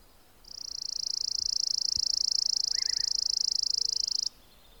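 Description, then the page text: Chipping sparrow trill, a steady mechanical rattle of rapid high chips for nearly four seconds, with a brief faint warble from another bird midway. "Richard E Webster - Малая воробьиная овсянка (Spizella passerina)"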